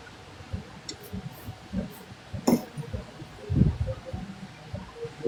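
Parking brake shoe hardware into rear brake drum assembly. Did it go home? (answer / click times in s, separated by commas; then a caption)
partly / none. On a 2006 BMW 325xi, a mechanic fits the rear parking brake shoes, working the shoe or retaining spring hardware into the rear brake drum assembly. Metal clinks come through a low rumbling background, with sharp hits at about 0.9 and 2.5 seconds. The brake shoe spring has not seated yet and is not all the way in.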